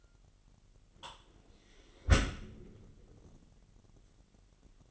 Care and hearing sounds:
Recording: daily activity, microphone in the room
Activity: close dishwasher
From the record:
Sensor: 4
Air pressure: 999.2 hPa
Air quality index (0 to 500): 120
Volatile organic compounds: 2 ppm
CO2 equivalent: 1181 ppm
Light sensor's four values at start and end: 9/22/9/9 and 9/22/8/9

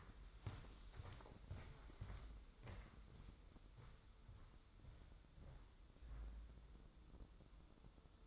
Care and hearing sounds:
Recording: daily activity, microphone in the room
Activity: walk to room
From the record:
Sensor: 3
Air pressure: 995.5 hPa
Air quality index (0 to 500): 83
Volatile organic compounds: 7 ppm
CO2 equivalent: 2010 ppm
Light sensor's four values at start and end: 26/80/33/29 and 27/82/34/29

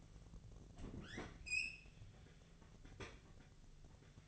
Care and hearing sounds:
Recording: daily activity, microphone in the room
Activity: open fridge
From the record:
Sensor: 4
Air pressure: 1000.9 hPa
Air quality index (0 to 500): 132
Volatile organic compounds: 2 ppm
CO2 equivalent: 985 ppm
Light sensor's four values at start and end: 31/75/31/34 and 29/69/29/32

